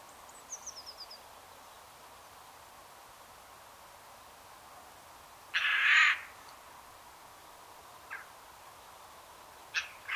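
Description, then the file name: Eurasian jay giving one loud, harsh rasping screech over steady background hiss, with a few faint high ticks before and after. "Garrulus glandarius"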